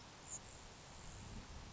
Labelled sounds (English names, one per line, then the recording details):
Grasshopper Sparrow
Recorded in Sonoma County, California